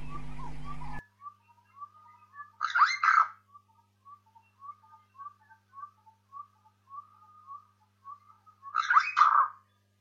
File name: canto do estorninho de burchell